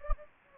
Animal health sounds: mosquito wingbeat signal from an infrared sensor; Anopheles gambiae

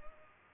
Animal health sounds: mosquito wingbeat signal from an infrared sensor; Culex pipiens

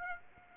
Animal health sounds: mosquito wingbeat signal from an infrared sensor; Aedes aegypti

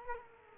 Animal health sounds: mosquito wingbeat signal from an infrared sensor; Culex quinquefasciatus

